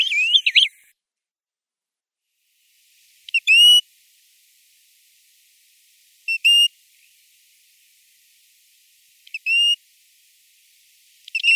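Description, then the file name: American golden plover calling with short, high whistled notes about every three seconds, the first one wavering and warbled, with quiet gaps between. "Rzhanka burokrylaja"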